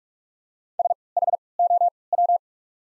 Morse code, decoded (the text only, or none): SHOW